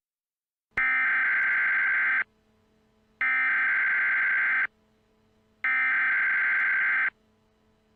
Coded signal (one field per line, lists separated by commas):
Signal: Emergency Alert System (SAME) tones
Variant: header bursts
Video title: EAS | Nuclear Attack #7